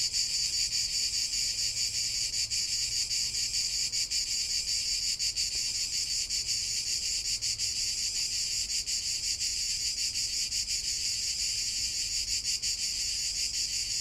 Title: Méditer en Provence avec le Chant des cigales